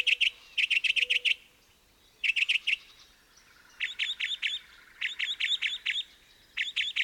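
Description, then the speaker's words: Northern Mockingbird singing quick bursts of repeated chattering notes, then switching to a different, sharper phrase type also repeated in series. Lone male singing from his perch in semi-darkness before dawn, on the trail to the Window, Big Bend. "In the semi-darkness, a lone mockingbird serenades us as we pass by his perch."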